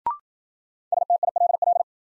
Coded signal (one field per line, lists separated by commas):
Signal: Morse code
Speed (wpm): 54 wpm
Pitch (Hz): 700 Hz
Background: none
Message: STILL